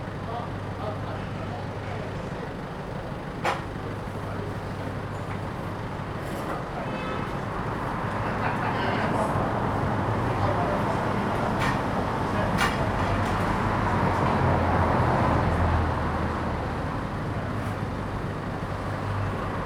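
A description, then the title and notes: Steady street noise outside a small bar in a narrow lane, with passing vehicles swelling midway, low rumble throughout, and occasional sharp clicks. Street bar. Captured on the pavement outside a small bar in a narrow street. Daylight is running out as people return home after shopping in the city. The street is decorated with Christmas lights along the length.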